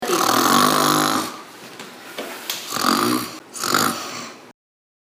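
Three rough, rattling snores in about four and a half seconds: a long, loud first one, then two shorter bursts after brief quiet gaps. This is snoring in an adult sleeper, the noisy vibration of the soft tissues of the upper airway during sleep breathing.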